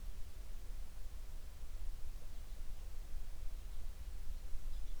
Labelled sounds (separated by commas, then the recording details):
near silence
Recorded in the Prudhoe Bay oil fields, Alaska, on 11 June 2019 at 04:40
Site 21